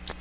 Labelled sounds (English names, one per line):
Magnolia Warbler flight call